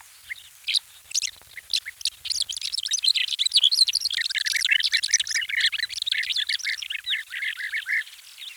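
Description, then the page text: Lesser short-toed lark singing a fast, continuous jumble of high twittering and chirping notes, running on for several seconds. "Lesser Short-Toed Lark Song - Quick Sounds"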